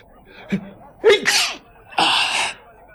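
human body sound, sneezing

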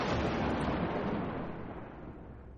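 nature, thunder rumbling

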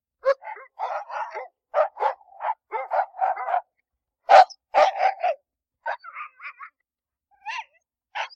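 animal, dog barking

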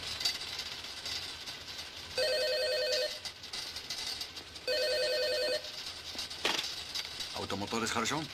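household object, telephone ringing

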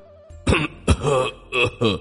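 human body sound, a few coughs

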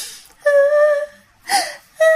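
sound effect, faint echoing crying

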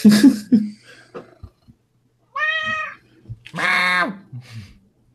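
animal, cat meowing

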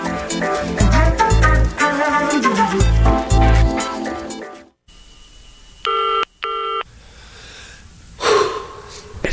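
signal or alarm, telephone dialing tones

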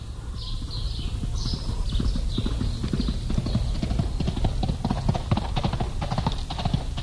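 animal, horse galloping hooves

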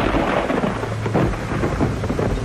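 nature, thunderclap from lightning strike

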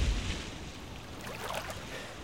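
vehicle, boat on water

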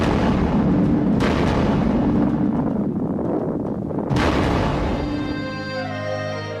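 sound effect, atomic bomb explosion

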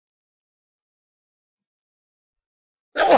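human body sound, a sneeze

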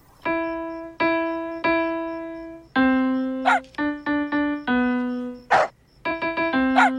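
animal, puppy barking

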